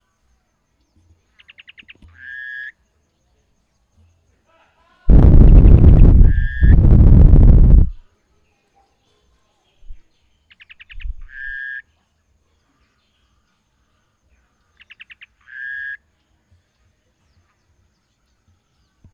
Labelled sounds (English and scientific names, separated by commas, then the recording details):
Brubru (Nilaus afer)
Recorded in northern Uganda